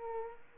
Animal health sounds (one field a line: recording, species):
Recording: mosquito wingbeat signal from an infrared sensor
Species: Culex pipiens